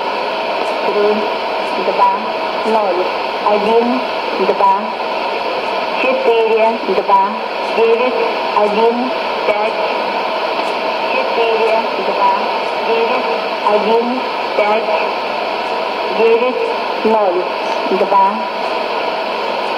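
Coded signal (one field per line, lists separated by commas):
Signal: numbers station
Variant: S06s, Russian female voice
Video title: 02 08 2017 Numbers station S06s Russian Lady in Russian to Eu 0834 on 11565 unknown tx site in CUSB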